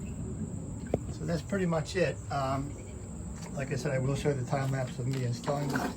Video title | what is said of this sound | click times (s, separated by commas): Greenworks Pressure Washer Review - Part 02: Assembly - 2000 psi 1.2 gpm | and then the cter pin just press the Tire pin through until it clicks into the middle section | 0.9 s